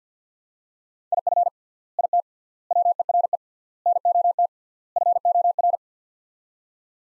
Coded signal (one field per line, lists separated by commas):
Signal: Morse code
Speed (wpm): 50 wpm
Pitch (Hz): 700 Hz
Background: none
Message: IF IT WERE NOT FOR